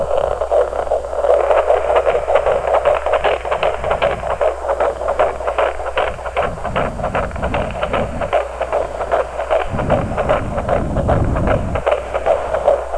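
Fetal heartbeat heard through a Doppler monitor: a rapid, fairly regular whooshing pulse at about 154 beats per minute over steady background hiss.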